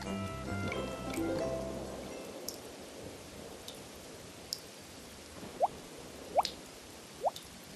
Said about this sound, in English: The roof is leaking. My carpet is getting wet. Drop by drop, there's more water.